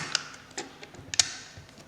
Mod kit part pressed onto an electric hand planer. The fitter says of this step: on each side and you should hear it click into place like that.